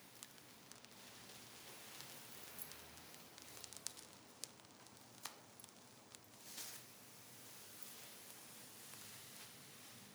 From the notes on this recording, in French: Elle se déshabille pour lui. Sans un mot, sans musique.